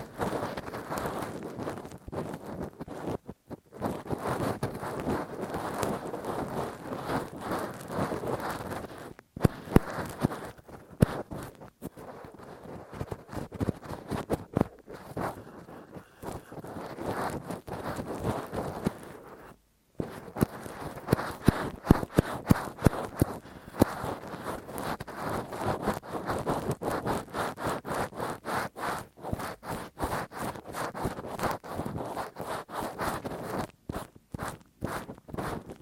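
Rough scratching and scraping of ear cleaning with a Q-tip and ear pick, a dense run of quick, gritty strokes that continues almost without pause. Brief silent gaps fall near 9, 15 and 20 seconds, and sharper scratches grow more frequent later on.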